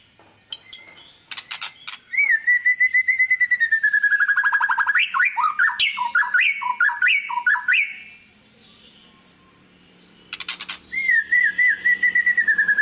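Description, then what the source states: White-rumped shama song: harsh rasping bursts, a long wavering whistle sliding slightly downward, a fast run of chopped notes, a pause, then more rasping bursts and a wavering whistle. Song used as a lure to make other birds respond; described as a lively, constantly singing bird.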